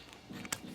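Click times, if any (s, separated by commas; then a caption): 0.5 s. A medium scrub brush head is pushed onto the end of a telescoping boat-cleaning pole handle and snaps into place. A couple of faint ticks come first, then a single sharp click at 0.5 s as the brush seats.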